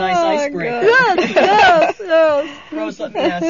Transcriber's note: they laugh